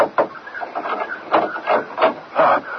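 A series of dull, wooden knocks on a door, about seven irregular raps with short gaps between them, fairly loud and muffled, with no voices alongside.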